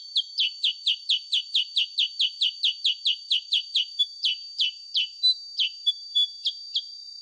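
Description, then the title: Sooty-headed bulbul delivering fast repeated falling chirps that later space out into slower notes, with a persistent thin whine in the background. Original voice of kutilang sutra, used as a master recording and lure (pancingan) for training songbirds. "Masteran Kutilang Sutra. SUARA ASLI KUTILANG SUTRA COCOK UNTUK PANCINGAN"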